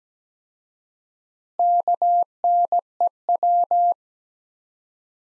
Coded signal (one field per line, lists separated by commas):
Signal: Morse code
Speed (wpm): 17 wpm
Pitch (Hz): 700 Hz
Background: none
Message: KNEW